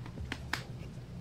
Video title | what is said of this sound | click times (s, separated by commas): How to easily set up Oase Biomaster Filters | snaps in place and I'll tell you I would put a little quarter cup of dechlorinator into | 0.3 s, 0.5 s